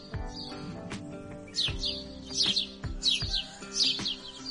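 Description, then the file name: Grey-headed sparrow giving several loud, downslurred chirps after a quieter start, against a background of low hum and knocking. "canto do pardal de cabeca cinzenta"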